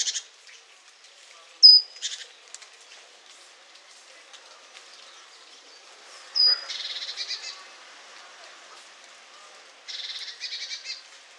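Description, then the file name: Great tit calls: a few buzzy, pulsed churrs, two of them preceded by a thin high whistled note, with quiet gaps between. "Parus major"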